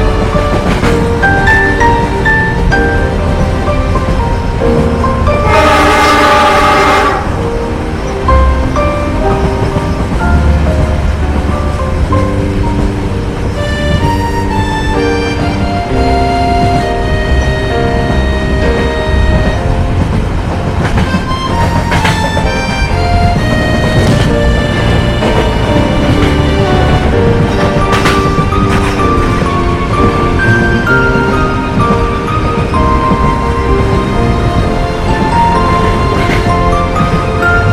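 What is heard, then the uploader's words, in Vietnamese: A train runs by with a dense, steady rumble and rhythmic chugging that fills all 38 seconds. Thin squealing tones from the wheels and cars come and go throughout. A sharp burst of hiss around 6 seconds stands out over the constant clatter. Tiếng tàu chạy xình xịch.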